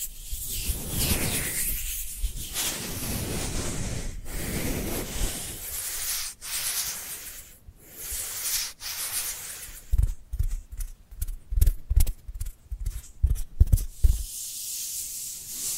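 Dry hands rub and slide against each other in long, hissing strokes for the first ten seconds, with brief silent gaps near 4, 6.5 and 7.5 seconds. After ten seconds the sound turns into a rapid run of short, dry taps and claps before settling back into soft rubbing.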